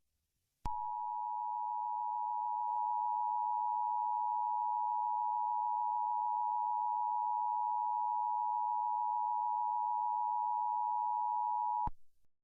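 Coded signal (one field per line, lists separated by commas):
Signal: Emergency Alert System (SAME) tones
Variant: 853 and 960 Hz attention tone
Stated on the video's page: Valid EAS SAME tones in a fictional anime-based alert scenario made with slides.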